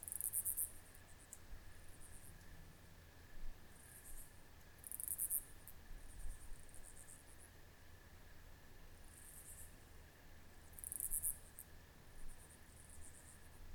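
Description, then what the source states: Crickets giving short pulsed high chirp bursts every one to three seconds, some louder than others, above a constant thin insect drone. Crickets in a country field at night, with raspy cicadas nearby in the background.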